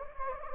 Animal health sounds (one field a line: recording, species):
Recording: mosquito wingbeat signal from an infrared sensor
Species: Anopheles gambiae